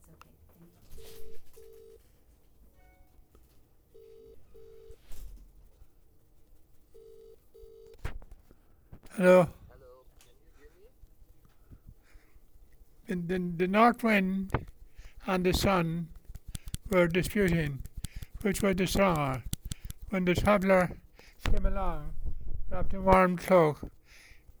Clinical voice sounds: text read into a phone; English; 1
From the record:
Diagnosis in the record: Parkinson's disease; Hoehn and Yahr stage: 3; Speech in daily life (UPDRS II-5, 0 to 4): 1

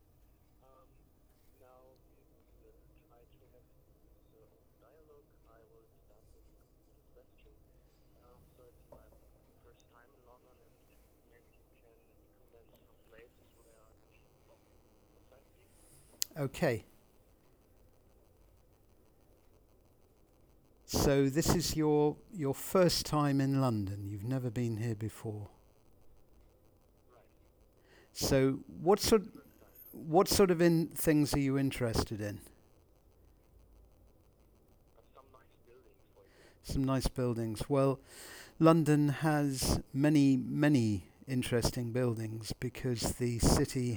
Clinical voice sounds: conversation on a phone call; English; 0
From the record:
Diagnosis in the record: Parkinson's disease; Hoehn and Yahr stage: 2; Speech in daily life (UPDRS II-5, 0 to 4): 0

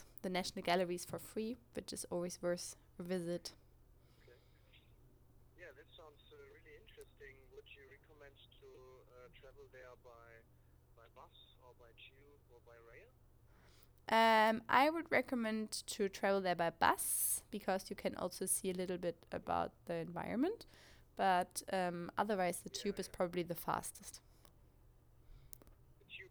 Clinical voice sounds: conversation on a phone call; English; 0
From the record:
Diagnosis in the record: healthy control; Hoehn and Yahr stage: 0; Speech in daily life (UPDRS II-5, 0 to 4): 0

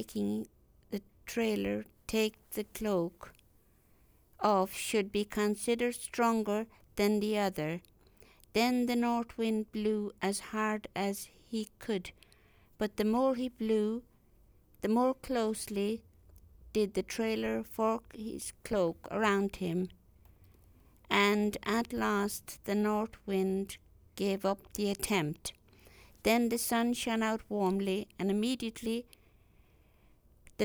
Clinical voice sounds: text read into a phone; English; 1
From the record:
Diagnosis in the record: healthy control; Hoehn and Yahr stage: 0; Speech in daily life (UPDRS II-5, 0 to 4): 1

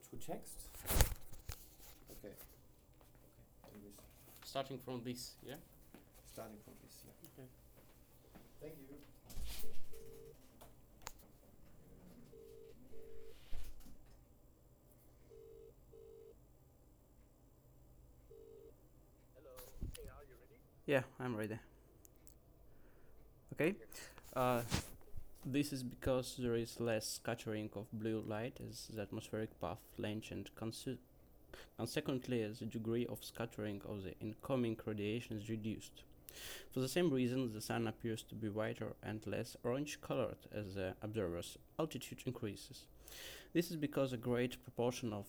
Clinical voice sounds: text read into a phone; English; 0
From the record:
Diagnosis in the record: healthy control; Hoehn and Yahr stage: 0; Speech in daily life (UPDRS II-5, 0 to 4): 0

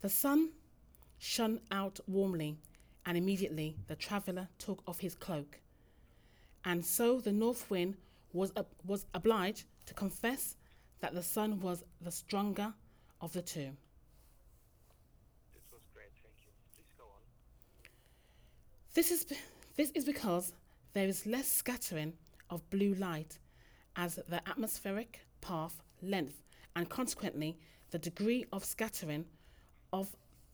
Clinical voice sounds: text read into a phone; English; 0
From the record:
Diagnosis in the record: healthy control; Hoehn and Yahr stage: 0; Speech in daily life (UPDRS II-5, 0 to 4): 0

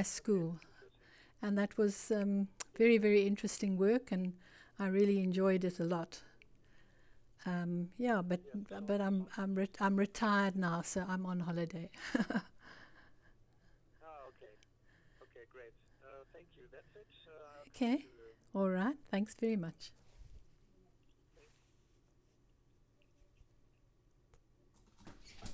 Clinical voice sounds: conversation on a phone call; English; 0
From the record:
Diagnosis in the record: Parkinson's disease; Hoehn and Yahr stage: 2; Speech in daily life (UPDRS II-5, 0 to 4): 0

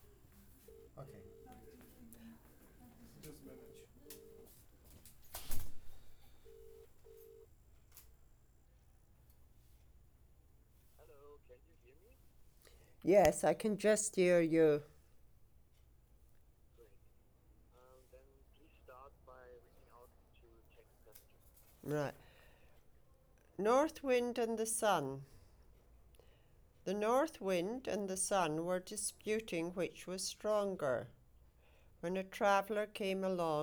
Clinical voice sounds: text read into a phone; English; 0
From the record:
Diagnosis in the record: healthy control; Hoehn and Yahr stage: 0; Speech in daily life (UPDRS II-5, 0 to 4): 0

